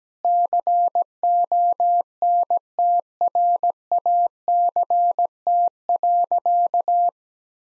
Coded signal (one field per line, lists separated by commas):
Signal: Morse code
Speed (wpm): 17 wpm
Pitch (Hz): 700 Hz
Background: none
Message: CONTRACT.